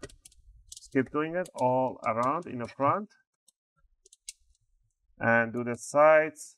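A guitar-pick opening tool is pushed into the seam between the top and bottom plastic covers of an HP 15-bw003 laptop and twisted, releasing the plastic snap clips of the bottom cover. Sharp clicks are heard at 0.0, 0.3 and 0.7 seconds, followed by someone talking and a few faint ticks. The clips pop open and the case is released.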